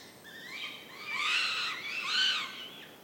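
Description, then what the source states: Northern goshawk chicks begging: a faint call, then two drawn-out, harmonic wailing calls that rise and fall, over quiet background. Chicks at a nest in forest in Central Sweden, 29 June 2018; overnight recording; chicks fighting and begging for food, calls echoing.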